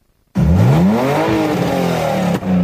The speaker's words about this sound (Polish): Kilkuset motocyklistów i kierowców z całej Polski przyjechało do Lublina na zlot miłośników motoryzacji i otwarcie sezonu. Na zielonych terenach Politechniki słychać było pisk opon i rek silników.